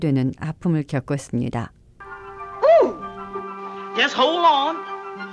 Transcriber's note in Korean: 녹취: '바람과 함께 사라지다' 영화 장면